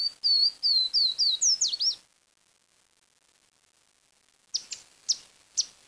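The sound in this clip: Bird calls: a quick series of high, thin downslurred whistles for about two seconds, a pause, then a few sharp high notes.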